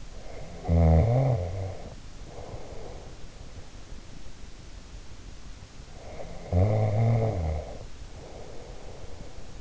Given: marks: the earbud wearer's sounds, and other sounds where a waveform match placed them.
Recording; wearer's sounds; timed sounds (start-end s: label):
sounds in sleep by an in-ear microphone; snoring breath
0.06-3.32 s: snoring breath
5.87-9.61 s: snoring breath